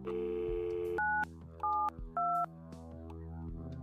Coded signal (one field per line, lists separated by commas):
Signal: DTMF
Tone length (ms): 280 ms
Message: 972